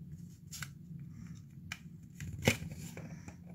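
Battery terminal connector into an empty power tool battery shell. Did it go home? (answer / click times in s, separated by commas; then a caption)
no / none. A battery terminal connector and electronics board are worked into an empty plastic DeWalt XR 18 V power tool battery case from AliExpress, a tight fit, with quiet scraping and rustling and one brief sharper knock around 2.5 s. Nothing has seated or clicked into place yet.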